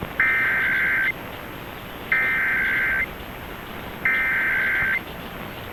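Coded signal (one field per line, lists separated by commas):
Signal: Emergency Alert System (SAME) tones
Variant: header bursts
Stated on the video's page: Real Tennessee Required Monthly Test SAME tones aired on radio station WSM.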